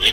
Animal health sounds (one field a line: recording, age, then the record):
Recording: pig call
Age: piglet (1 to 25 days)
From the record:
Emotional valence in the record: negative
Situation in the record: crushing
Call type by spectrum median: high-frequency call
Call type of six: low-frequency tonal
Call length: 0.13 s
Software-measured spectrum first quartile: 2179 Hz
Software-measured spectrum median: 2990 Hz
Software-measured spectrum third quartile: 3377 Hz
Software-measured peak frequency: 3364 Hz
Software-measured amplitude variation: 92 dB a second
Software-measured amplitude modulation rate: 4.0 a second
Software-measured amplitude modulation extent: 23.2 dB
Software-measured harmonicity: 6.4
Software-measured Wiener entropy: -1.81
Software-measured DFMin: 889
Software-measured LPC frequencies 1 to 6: 466, 2980, 3386, 5817, 8115, 9008 Hz